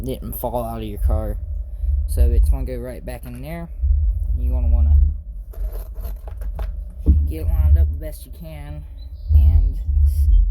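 A plastic driveshaft piece is put back into an RC car and its slotted end is lined up with the rear differential before sliding in, while someone talks. Only light scraping and handling sounds are heard, with a few brief ticks around 5.5 to 6.6 seconds, and nothing has clicked into place yet.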